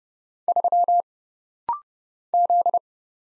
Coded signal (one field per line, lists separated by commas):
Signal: Morse code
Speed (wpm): 29 wpm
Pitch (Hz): 700 Hz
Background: none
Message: 3 Z